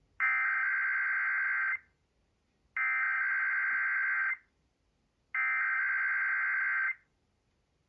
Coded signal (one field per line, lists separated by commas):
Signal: Emergency Alert System (SAME) tones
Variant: header bursts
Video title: (!EAS #1000!) Amplify Theme & KDKA RWT